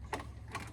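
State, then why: Not seated. A locking drawer slide on a wooden drawer in a van cabinet is handled as the drawer is being pushed back in, with a short mechanical sound near 0.1 s and a sharper one at 0.6 s over a steady low hum. Nothing has seated or clicked yet; the slide has not latched in the closed position.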